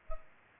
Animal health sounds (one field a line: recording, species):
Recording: mosquito wingbeat signal from an infrared sensor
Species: Culex pipiens